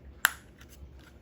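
A 3D-printed plastic back paddle is lined up and pushed by hand, with no tools, into the back shell of a King Kong 3 Pro/Max game controller until it sits behind a metal bar. A single sharp, bright click at 0.3 s marks the paddle snapping into place, followed by a few faint, softer ticks around 0.6 to 1.1 s. The paddle is seated.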